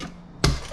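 A slicer/shredder attachment is lined up with the front attachment hub of a KitchenAid stand mixer and pushed in. After a quiet lead-in, a sharp snap is heard at 0.5 s. The attachment is seated and very secure in the hub.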